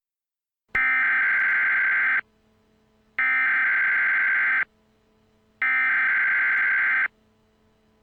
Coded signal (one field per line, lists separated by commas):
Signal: Emergency Alert System (SAME) tones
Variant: header bursts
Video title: Doctor Who - Steven Universe Crossover Episodes - Emergency Alert System Broadcasts